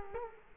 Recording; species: mosquito wingbeat signal from an infrared sensor; Culex quinquefasciatus